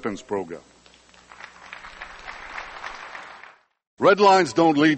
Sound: applause

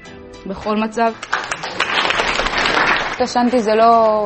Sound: applause

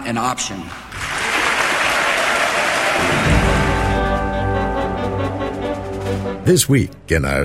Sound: applause

